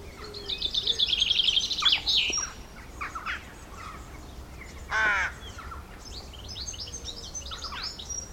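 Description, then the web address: Bird chorus with a rapid trilled phrase near the start, scattered whistles and chirps, and a short harsh burst around five seconds, over constant low background rumble. Countryside. "Tom Hutchings Birds Country"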